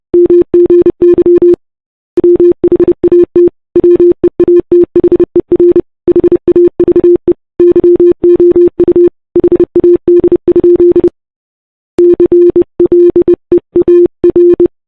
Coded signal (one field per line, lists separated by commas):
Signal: Morse code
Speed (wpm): 27 wpm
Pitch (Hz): 350 Hz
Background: none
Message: MGY WHAT WEATHER HAVE YOU HAD? CLEAR